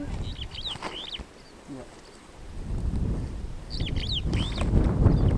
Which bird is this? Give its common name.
Superb Starling